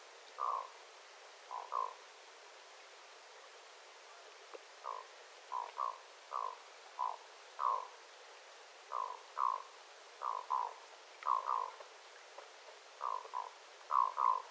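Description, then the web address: Black-throated loon calls: long series of short, harsh croaks, single and doubled, with a brief gap early on before the calling resumes. Adult loons calling, recorded 9 September 2025. "paivat 9 9 2025 aikuisten kuikkien aantelya aika hyva"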